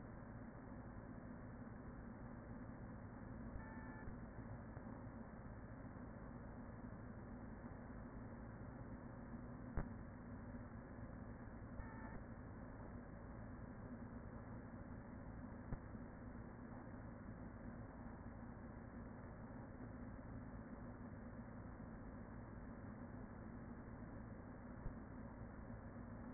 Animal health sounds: honeybee colony, microphone inside the hive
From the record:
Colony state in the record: queen present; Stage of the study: after two queens were removed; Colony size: about 40,000 bees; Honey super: no

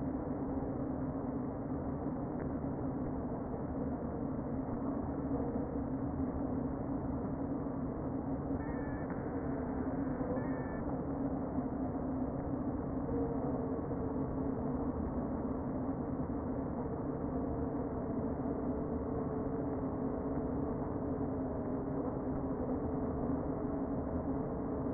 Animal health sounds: honeybee colony, microphone inside the hive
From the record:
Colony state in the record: queen present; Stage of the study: before two queens were removed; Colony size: about 60,000 bees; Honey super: yes

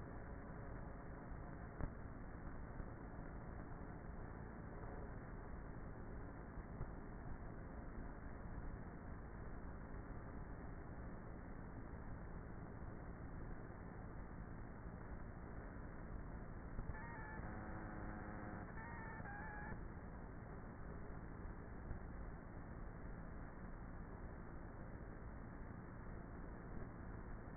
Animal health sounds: honeybee colony, microphone inside the hive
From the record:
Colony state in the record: queenless with a low population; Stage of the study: before two queens were removed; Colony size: about 30,000 bees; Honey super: no

